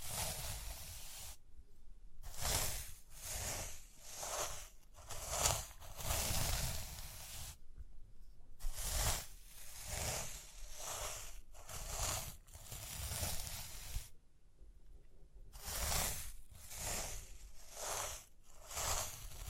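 Rhinestones are tapped, scratched and brushed in a steady run of crisp, bright, gritty bursts, many quick strokes packed together. Brief near-silent gaps break the texture around 1.5, 7.5 and 14 seconds, and a soft low rumble sits beneath the sharper scratching throughout.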